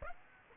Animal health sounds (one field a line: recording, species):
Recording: mosquito wingbeat signal from an infrared sensor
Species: Aedes aegypti